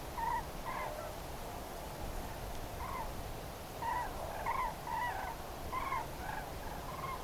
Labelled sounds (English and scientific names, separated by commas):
Common Crane (Grus grus)